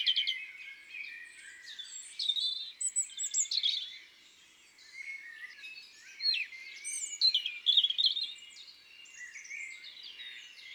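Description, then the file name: European robin song, rapid tinkling whistles and trills in high pitch, delivered in uneven bursts with short gaps. Recorded in woods and forests. "Rougegorge familier Chants doiseaux des bois et des forets"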